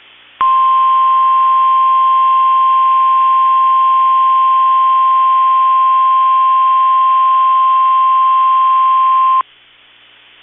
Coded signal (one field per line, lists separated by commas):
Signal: Emergency Alert System (SAME) tones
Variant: 1050 Hz attention tone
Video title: NOAA Weather Radio (KEC65 Minneapolis) - Required Weekly Test (EAS #213)